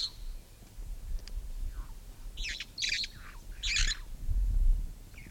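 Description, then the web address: Red-fronted parrot making a few harsh screeching calls, spaced irregularly, over a low rumbling background. "poicephalus gulielmi"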